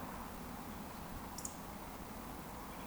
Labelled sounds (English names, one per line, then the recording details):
Eurasian Woodcock whistle
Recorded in Baden-Württemberg, Germany, on 14 June 2020 at 19:24 UTC
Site 14569, 102 m above sea level